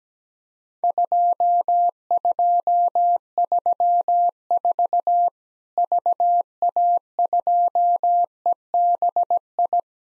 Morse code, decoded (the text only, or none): 2234 VA2EBI